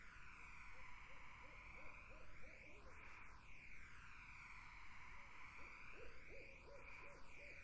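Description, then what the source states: Barred owl hooting: a quick run of short, wavering hoots, then a second similar burst after a pause, over a steady whooshing background with sweeping tones. Several barred owls in a summer wetland; 8D spatial audio processing.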